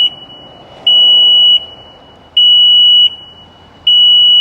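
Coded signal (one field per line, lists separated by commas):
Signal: beep code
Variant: Mercury Optimax warning horn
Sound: high steady beeps about 0.7 s long, repeating every 1.5 s; three heard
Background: engine or room noise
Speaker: we wait for those 20 seconds it should go at any minute now and we'll hear this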